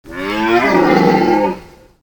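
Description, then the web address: Deer call: one loud, drawn-out, harmonic bellow, rising in strength then fading away. "hunting animals deer"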